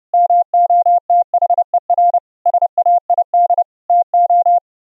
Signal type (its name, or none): Morse code